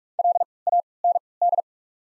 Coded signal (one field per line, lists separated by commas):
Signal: Morse code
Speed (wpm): 47 wpm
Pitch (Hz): 700 Hz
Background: none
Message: L A N D